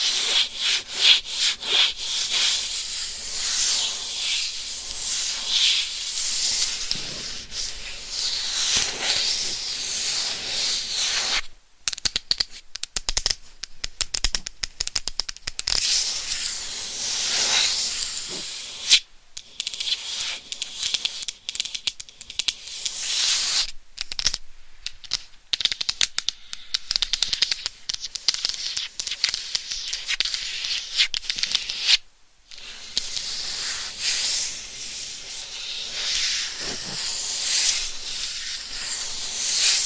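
Scratching against a microphone, a dense, hissy rasp that runs almost without pause, bright and close, with rapid irregular strokes. It cuts out abruptly for brief gaps around 11, 19 and 32 seconds before resuming at the same rough, steady intensity.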